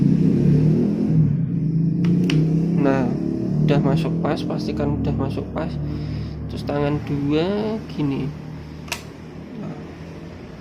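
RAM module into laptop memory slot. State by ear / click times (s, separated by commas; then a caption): seated / 8.9 s. A DDR3L SO-DIMM RAM module is pressed down with both hands into the memory slot of an Asus X550JX laptop while someone talks over a low background hum. A sharp click at 8.9 s marks the left and right retaining clips locking, and the module is seated.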